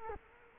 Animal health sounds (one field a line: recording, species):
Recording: mosquito wingbeat signal from an infrared sensor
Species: Culex quinquefasciatus